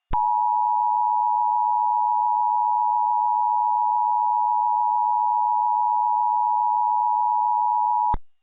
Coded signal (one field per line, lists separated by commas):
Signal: Emergency Alert System (SAME) tones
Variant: 853 and 960 Hz attention tone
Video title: EAS What if #4: What if the EAS was used during the COVID National Emergency Declaration?